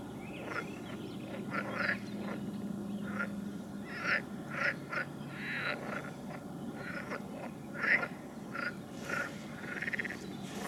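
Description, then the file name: Frog chorus of short, harsh croaks overlapping in quick irregular bursts, with a low hum underneath early on. "Nature Recordings - Frogs"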